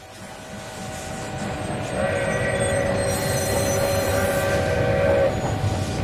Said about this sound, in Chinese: 20世纪初，一辆火车从长辛店火车站驶出。